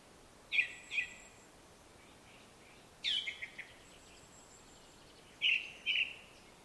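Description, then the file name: Ring ouzel singing short phrases: a pair of piping notes, a scratchy chattering phrase, then two more clear fluty notes, each phrase a couple of seconds apart. Song recorded in Slovakia with an Olympus LS-11 recorder. "Turdus Torquatus Song Slovakia"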